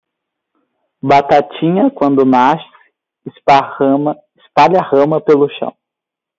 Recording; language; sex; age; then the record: short text; Brazilian Portuguese; male; 20 to 29 years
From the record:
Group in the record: control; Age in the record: 22 years